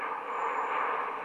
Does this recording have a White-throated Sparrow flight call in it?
no